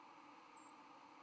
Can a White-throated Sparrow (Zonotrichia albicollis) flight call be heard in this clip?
no